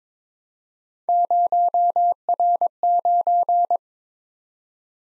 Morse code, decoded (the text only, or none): 0R9